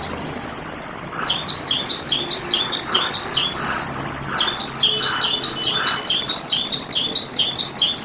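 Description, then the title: Javan bush lark singing a continuous stream of high, rapid trills and chirps, with thin sustained whistled notes at the very top near the start and again midway. "Suara Burung Branjangan"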